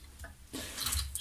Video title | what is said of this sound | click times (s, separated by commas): Triumph Trident T160 Engine Rebuild. Part 12: Stripping the Cylinder Head, Barrels and Rocker Boxes | so that little click i don't know if you heard it but uh that means that see | 1.2 s